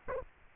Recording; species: mosquito wingbeat signal from an infrared sensor; Aedes aegypti